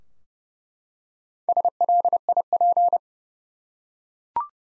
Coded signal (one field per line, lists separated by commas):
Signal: Morse code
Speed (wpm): 30 wpm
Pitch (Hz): 700 Hz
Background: none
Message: SLIP